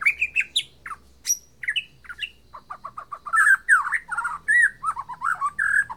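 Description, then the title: White-rumped shama song: varied whistles and harsh chirps, building into a dense run of rich fluting and buzzy phrases in the second half. Borneo form. "MURAI BORNEO MAS KIKI"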